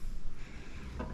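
A plastic trunk trim panel on a 2013 Hyundai Equus is handled against the trunk body while being refitted after a suspension light delete module install. A low, rustling handling noise is heard with a brief brighter burst near 1.0 s. The clip ends before the panel goes home, and nothing has snapped into place yet.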